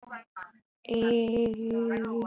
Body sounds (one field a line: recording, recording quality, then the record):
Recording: sustained vowel as in made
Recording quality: moderate, slight background noise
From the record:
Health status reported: healthy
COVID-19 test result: not tested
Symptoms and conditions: none ticked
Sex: female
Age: 26 years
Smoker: not ticked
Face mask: not worn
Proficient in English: yes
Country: India